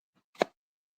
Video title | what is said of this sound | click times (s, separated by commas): Tactical Tuesdays with EDCwithDBD - Veterans Day Special Edition! 📱 | it lock latches in there very well. | 0.4 s